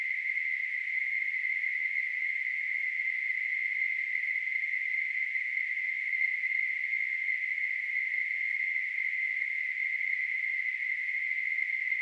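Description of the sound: A steady, unbroken high-pitched hiss centred near 2 kHz holds at the same loudness throughout, with no pulsing or breaks. It is a simulated tinnitus sound, imitating the constant narrow-band ringing or hissing some people hear in their ears.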